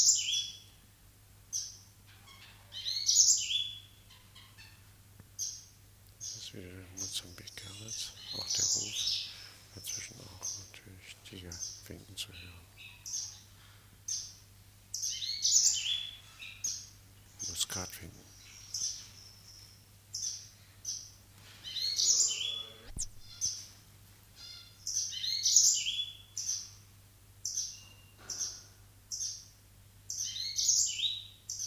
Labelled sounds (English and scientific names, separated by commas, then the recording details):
Yellow-fronted Canary (Crithagra mozambica) song
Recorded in captivity
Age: adult
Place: Zoo Rostock, Mecklenburg-Vorpommern, DE
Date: 1984-02-03 13:20
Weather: overcast, intermittent rain, 3-5°C
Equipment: Nagra SN, Kopie Uher 4000 Report Monitor
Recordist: Tembrock, Günter